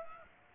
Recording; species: mosquito wingbeat signal from an infrared sensor; Aedes aegypti